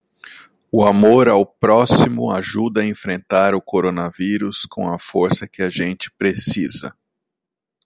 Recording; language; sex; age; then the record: spoken sentence; Brazilian Portuguese; male; 40 to 49 years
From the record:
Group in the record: control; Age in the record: 42 years